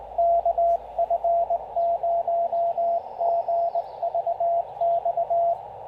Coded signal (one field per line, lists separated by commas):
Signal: Morse code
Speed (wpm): 19 wpm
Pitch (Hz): 700 Hz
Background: radio noise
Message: KF0GVX